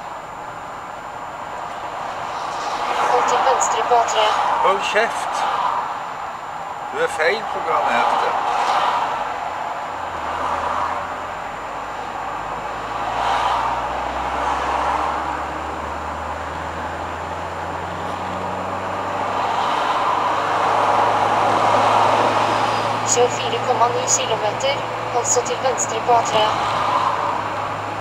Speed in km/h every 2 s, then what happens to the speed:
23, 22, 17, 17, 17, 21, 28, 35, 42, 46, 51, 55, 57, 52.
0-8 slows to 17. 8-23 speeds up to 57.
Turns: none.